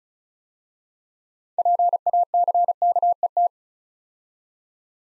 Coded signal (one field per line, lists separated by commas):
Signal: Morse code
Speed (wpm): 36 wpm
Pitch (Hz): 700 Hz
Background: none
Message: PACKET